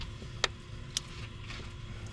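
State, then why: Seated. A replacement Dorman 800-141CD plastic heater hose quick connector is pushed onto the coolant pipe at the heater core while coolant drips. Two sharp clicks at 0.4 s and 1.0 s sound over a steady low hum, and the connector seats.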